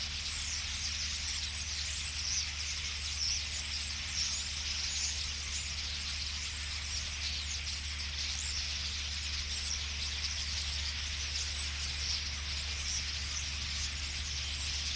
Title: Boldixumstieg, 25938 Nieblum, Deutschland - Ein Vogelschwarm Stare. A flock of birds starlings